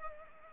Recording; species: mosquito wingbeat signal from an infrared sensor; Culex pipiens